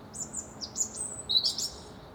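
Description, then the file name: European robin thin, very high sliding whistles followed by a quick twittering flourish, quiet hiss behind. "Erithacus rubecula"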